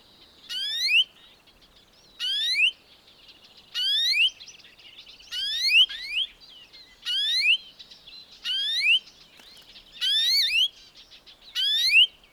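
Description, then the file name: European greenfinch calls: nasal, upslurred wheezes repeated steadily, roughly every second and a half, with faint higher twitters between them. "Chloris chloris"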